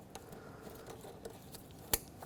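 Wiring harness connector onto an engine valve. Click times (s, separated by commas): 1.9 s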